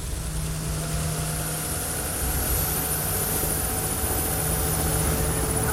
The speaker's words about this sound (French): L'hélicoptère décolla, se balança au-dessus du sol et s'éloigna rapidement vers l'horizon. Le vacarme de l'appareil s'évanouit au-dessus de la ville